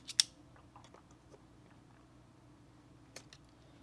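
A hex-shank screwdriver bit is pushed into a Klein Tools Fast Bit True Grip quick-release bit holder and snaps in with a sharp metallic click at 0.2 s, so the bit is locked in place. Faint light ticks and handling sounds follow, with another small click near 3.2 s against a quiet background.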